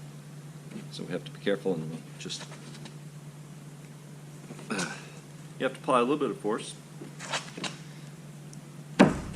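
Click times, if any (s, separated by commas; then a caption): 9.0 s. A plastic fin is pushed by hand, with a little force, into its slot under the hull of a Vespoli single rowing shell while someone talks. A sharp snap at 9.0 s marks the fin popping into place, fully seated.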